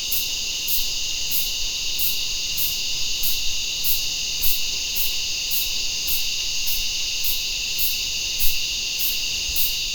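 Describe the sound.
Insect calling: a steady high shrill drone runs throughout, with a sharper pulsing overtone repeating roughly every two-thirds of a second over faint low rumble.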